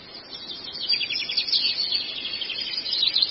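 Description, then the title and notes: Long-tailed shrike delivering rapid buzzy trills and high chattering notes, growing louder and staying busy to the end. Training recording (masteran) of the long-tailed shrike for teaching songbirds. "Cendet 04. Masteran Burung Cendet"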